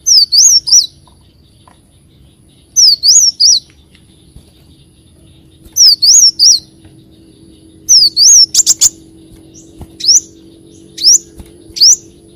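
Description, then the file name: Leafbird singing short clusters of high, sharply rising and falling whistles every two to three seconds, with a low steady hum underneath. "Tieng chim xanh tim"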